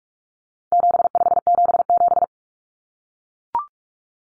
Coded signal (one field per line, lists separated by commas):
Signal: Morse code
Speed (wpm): 44 wpm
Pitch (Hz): 700 Hz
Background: none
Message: 7577